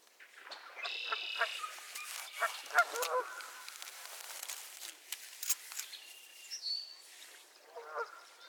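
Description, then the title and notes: Goose: geese giving harsh, harmonic honks in scattered bursts. Several geese squabbling at Miner's Marsh, Annapolis Valley, Nova Scotia. "Theraphonia - Geese at Miner's Marsh. Geese squabbles at Miner's Marsh, Annapolis Valley, Nova Scotia"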